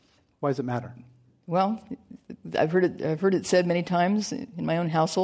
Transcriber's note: none